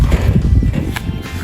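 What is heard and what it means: The left door of a Patiowell 10x12 metal storage shed is closed against the wind so its drop bolt falls into the hole in the floor track. Low, rumbling wind noise fills the clip, and a single sharp metallic hit at 1.0 s marks the bolt seating in the hole and locking the door in place.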